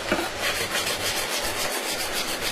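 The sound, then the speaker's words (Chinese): A flat chisel scrapes across carved brick in quick, repeated strokes, leveling a large surface to a smooth finish in Beijing brick carving, a steady dry rasping rhythm with a gritty, hissy texture, heard on its own without any talking. “这个是平铲，就是一般出面的时候，大面的时候整平，就是光洁度比较强的时候用它。”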